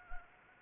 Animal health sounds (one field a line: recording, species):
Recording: mosquito wingbeat signal from an infrared sensor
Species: Anopheles gambiae